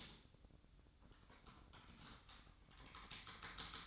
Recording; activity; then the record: daily activity, microphone in the room; typing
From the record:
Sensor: 3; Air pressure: 1007.6 hPa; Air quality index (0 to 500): 60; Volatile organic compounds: 1 ppm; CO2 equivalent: 611 ppm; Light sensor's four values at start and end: 12/27/11/12 and 12/27/11/12